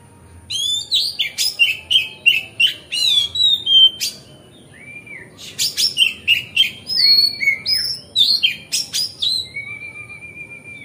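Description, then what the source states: Magpie-robin song: varied whistled phrases, slurred notes and sharp chips in two bursts separated by a short pause. Masteran (training song) recorded on a terrace.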